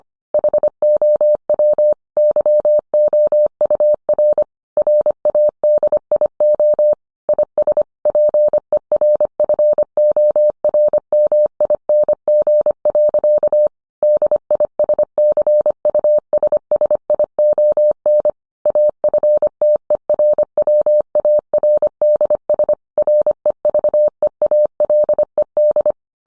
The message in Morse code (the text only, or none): HOW YOUR RADIO IS PERFORMING. DISCUSSION AFTERWARDS REVEALED